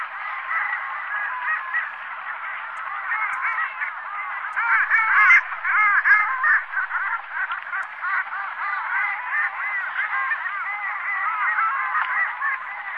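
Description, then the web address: Long-tailed ducks calling as a flock, with many birds' wavering, yelping notes piled together in a steady babble and a slightly louder burst near the middle. Sakhalin and Kuril Islands. "priroda sakhalina i kuril. Clangula huemalis"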